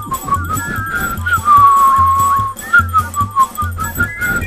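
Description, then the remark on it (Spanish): A chorus of whistlers carries a bright, gliding tune in unison, with sustained high notes and quick slides, over a steady pulsing low beat and no talking. “El coro estable de angelitos silbadores.”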